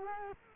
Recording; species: mosquito wingbeat signal from an infrared sensor; Culex quinquefasciatus